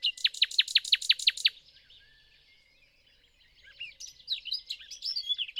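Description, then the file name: Common nightingale song: a loud series of about eight rapidly repeated, sharp descending notes, then a pause and busy chattering notes. "Luscinia megarhynchos"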